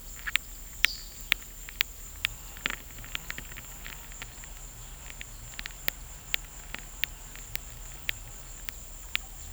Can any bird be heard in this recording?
no